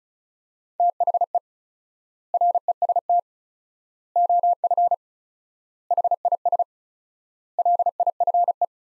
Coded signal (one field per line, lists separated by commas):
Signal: Morse code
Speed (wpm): 34 wpm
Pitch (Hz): 700 Hz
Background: none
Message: THE REST OF HIS LIFE